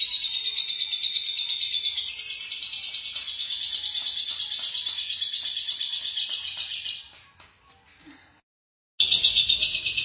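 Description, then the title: Lovebird song, a sustained shrill, buzzy trill for about seven seconds, a brief silence, then the trill resumes abruptly. "BM Suara Burung Lovebird"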